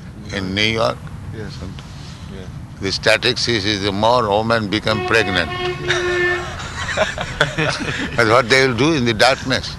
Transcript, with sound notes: in New York, the statistics is that more women became pregnant. [laughter] But what they will do in the darkness?